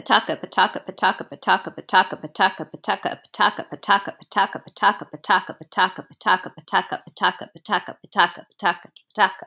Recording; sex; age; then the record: repeated syllables /pa ta ka/; female; 30 to 39 years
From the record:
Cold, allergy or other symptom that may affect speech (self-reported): no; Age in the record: 32 years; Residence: New York, United States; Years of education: 17